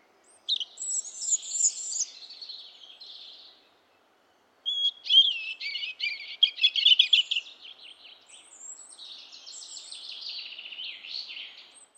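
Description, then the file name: European robin singing: high, thin warbled phrases with sweet trills and fluting notes, two long phrases separated by a short silence, the second trailing off into softer notes. "Erithacus rubecula"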